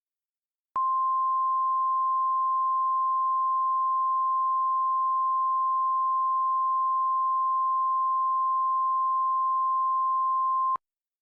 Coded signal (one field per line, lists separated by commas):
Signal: Emergency Alert System (SAME) tones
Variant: 1050 Hz attention tone